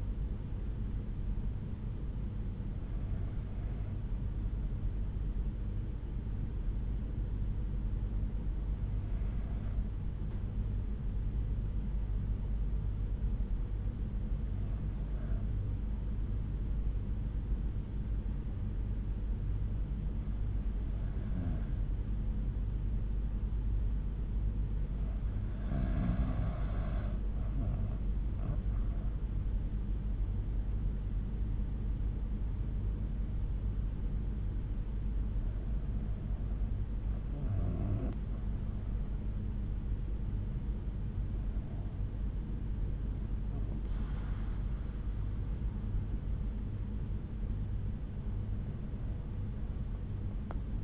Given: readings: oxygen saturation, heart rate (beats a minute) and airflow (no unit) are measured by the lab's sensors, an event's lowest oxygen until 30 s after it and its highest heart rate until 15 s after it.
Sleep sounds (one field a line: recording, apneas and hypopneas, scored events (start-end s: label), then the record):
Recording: breathing in sleep by a smartphone at the bedside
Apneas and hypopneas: 1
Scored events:
4.00-23.30 s: hypopnea (N2, oxygen 97% highest, then 93% lowest)
From the record:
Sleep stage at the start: N2 (light sleep)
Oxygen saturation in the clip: 93 to 97%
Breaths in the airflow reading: 9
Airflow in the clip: -7.4 to 7.1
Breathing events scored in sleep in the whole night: 368 in 8.0 hours asleep